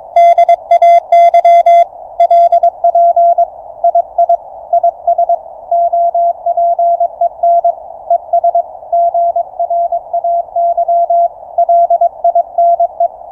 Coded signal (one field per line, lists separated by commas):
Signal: Morse code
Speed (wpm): 22 wpm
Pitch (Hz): 690 Hz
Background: none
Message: DAY LP II IS OPEN ES GRAY LINE